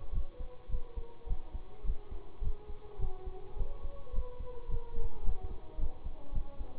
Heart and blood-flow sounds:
heart sounds by stethoscope; between the tricuspid and mitral areas; 106 bpm
0.12 s: heartbeat
0.69 s: heartbeat
1.26 s: heartbeat
1.84 s: heartbeat
2.41 s: heartbeat
2.99 s: heartbeat
3.56 s: heartbeat
4.12 s: heartbeat
4.68 s: heartbeat
5.23 s: heartbeat
5.78 s: heartbeat
6.32 s: heartbeat
From the record:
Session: bicycle stress test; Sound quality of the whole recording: good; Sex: male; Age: 26 years

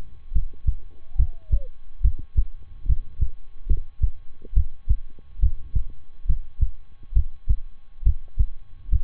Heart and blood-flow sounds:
heart sounds by stethoscope; between the tricuspid and mitral areas; 70 bpm
0.31 s: heartbeat
1.15 s: heartbeat
2.01 s: heartbeat
2.85 s: heartbeat
3.66 s: heartbeat
4.53 s: heartbeat
5.39 s: heartbeat
6.25 s: heartbeat
7.12 s: heartbeat
8.02 s: heartbeat
8.88 s: heartbeat
From the record:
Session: rest, lying down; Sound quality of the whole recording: good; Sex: male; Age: 23 years

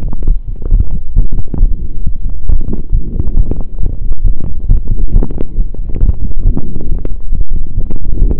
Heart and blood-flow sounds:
heart sounds by stethoscope; between the tricuspid and mitral areas; 136 bpm
0.28 s: heartbeat
0.72 s: heartbeat
1.17 s: heartbeat
1.61 s: heartbeat
2.05 s: heartbeat
2.48 s: heartbeat
2.93 s: heartbeat
3.37 s: heartbeat
3.81 s: heartbeat
4.25 s: heartbeat
4.69 s: heartbeat
5.14 s: heartbeat
5.58 s: heartbeat
6.01 s: heartbeat
6.45 s: heartbeat
6.89 s: heartbeat
7.32 s: heartbeat
7.76 s: heartbeat
8.20 s: heartbeat
From the record:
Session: pedaling a stationary bicycle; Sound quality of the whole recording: saturated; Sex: male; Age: 23 years

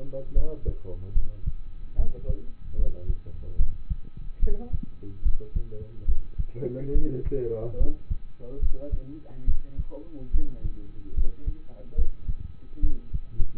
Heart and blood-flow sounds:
heart sounds by stethoscope; between the tricuspid and mitral areas; 72 bpm
0.34 s: heartbeat
1.13 s: heartbeat
1.96 s: heartbeat
2.76 s: heartbeat
3.57 s: heartbeat
4.40 s: heartbeat
5.23 s: heartbeat
6.06 s: heartbeat
6.93 s: heartbeat
7.78 s: heartbeat
8.60 s: heartbeat
9.45 s: heartbeat
10.32 s: heartbeat
11.14 s: heartbeat
11.95 s: heartbeat
12.81 s: heartbeat
From the record:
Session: rest, lying down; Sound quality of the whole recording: partially saturated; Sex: male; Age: 27 years

